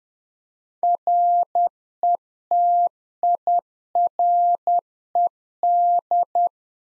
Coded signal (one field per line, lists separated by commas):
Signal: Morse code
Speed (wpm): 10 wpm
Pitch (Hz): 700 Hz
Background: none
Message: RETIRED